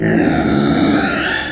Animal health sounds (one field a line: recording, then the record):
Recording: squeal of a Yucatan mini pig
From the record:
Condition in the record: before surgery on the right vocal fold (resection and tissue-engineered implant)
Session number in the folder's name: 3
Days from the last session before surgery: 0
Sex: female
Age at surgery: 19 weeks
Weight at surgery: 25 kg